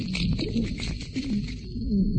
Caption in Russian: Приступ удушья является ведущим симптомом бронхиальной астмы. В разгаре приступа очень затруднен выдох. Дыхание становится еще более шумным и свистящим. Выслушивается большое количество разнообразных сухих хрипов, среди которых преобладают свистящие.